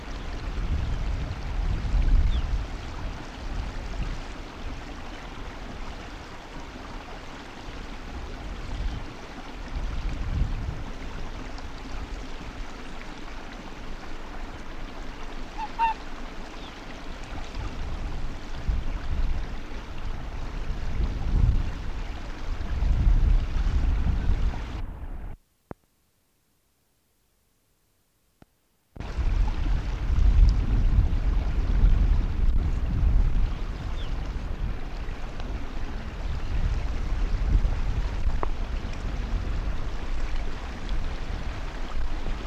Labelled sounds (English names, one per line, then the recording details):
Arctic Fox
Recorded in the wild
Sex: male
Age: adult
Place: Insel Mednyi, Kommandeur-Inseln, RU
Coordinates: 54.5167, 168.083
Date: 1999-06-22 20:30
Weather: 4°C, Nebel
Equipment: Sony WM-D6C, Sennheiser ME 80, K 30 AV, Windkorb, Kopie Sony TCD-D8
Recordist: Jakupi, Antje